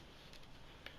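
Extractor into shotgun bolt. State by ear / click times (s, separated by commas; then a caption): not seated / none. A new extractor is handled at the bolt of a Remington 870 pump-action shotgun while it is pushed back toward its seat. Faint ticks sound over a low background, with one short, sharp tick at 0.9 s. Nothing has seated or clicked into place yet.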